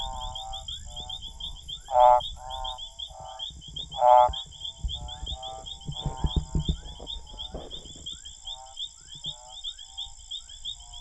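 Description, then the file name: Lavilla's escuerzo advertisement call: two loud, harsh pulsed notes about two seconds apart over a chorus of softer frog notes and steady high insect buzzing. "Advertisement call Odontophrynus lavillai"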